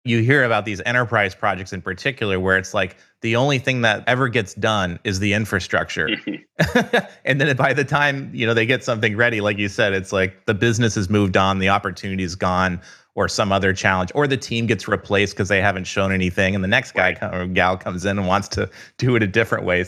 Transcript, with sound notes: You hear about these enterprise projects in particular, where it’s the only thing that ever gets done is the infrastructure. [laughs] And then by the time they get something ready, like you said, it’s like, the business has moved on, the opportunity’s gone, or some other challenge or the team gets replaced because they haven’t shown anything, and the next guy or gal comes in and wants to do it a different way.